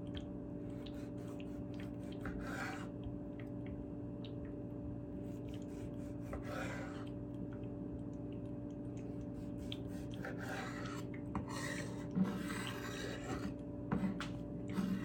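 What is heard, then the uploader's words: Tomatoes are sliced on a cutting board, with rasping scrapes of the knife across the board in short bursts near 2, 6, 10 and 12–14 seconds. A steady low hum with a faint tone runs underneath throughout. Slicing Tomatoes ASMR. Scraping noises from the cutting board.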